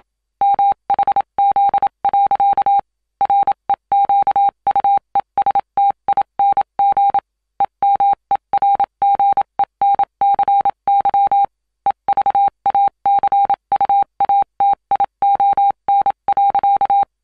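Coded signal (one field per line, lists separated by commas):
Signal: Morse code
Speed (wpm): 27 wpm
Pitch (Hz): 800 Hz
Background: none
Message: MHZ. REQUESTING EMERGENCY EVACUATION.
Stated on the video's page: SOS Morse code sound effect, various World War style Morse transmitter sounds.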